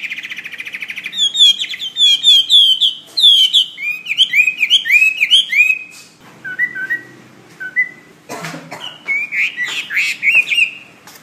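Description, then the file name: Hwamei song of rapid repeated whistled notes in bursts, a brief quieter stretch with soft short notes, then more varied loud warbling phrases. "omkicau hwamey"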